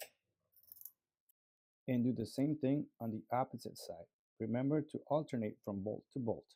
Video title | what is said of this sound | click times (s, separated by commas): Damper Cap Replacement | Go ahead and tighten the bolts until you hear it click. | 0.9 s